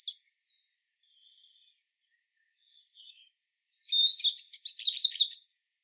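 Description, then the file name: European robin with a few soft, thin notes followed by one loud, rapid, twittering high phrase lasting about a second and a half. "Erithacus rubecula"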